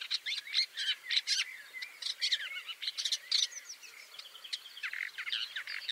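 Woodchat shrike singing a varied scratchy chatter with squeaky, slurred notes and harsh bursts, broken by short pauses.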